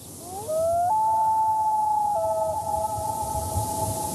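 Common loon giving a long, mournful wailing call that rises at the start, then holds a steady tone with a step down partway through, lasting over three seconds.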